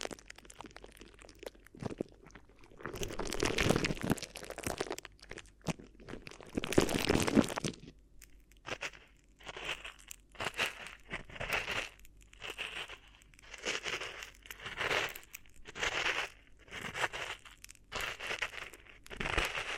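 Crinkly rustling of plastic or paper, handled in bursts of crackly, bright crumpling. A dense, louder stretch of crushing runs from about 3 to 7.5 seconds, then gives way to a steady rhythm of shorter crinkles repeating roughly every second.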